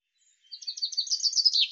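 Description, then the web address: Common chaffinch song fragment: a quick series of high, repeated notes speeding into a trill that rises slightly, cut off before the ending. "Deverinetal 2025 File cleaned normalized Bird Fr Co"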